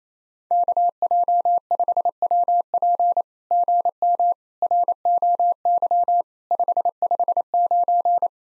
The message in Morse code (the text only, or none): KJ5WP GM ROY 559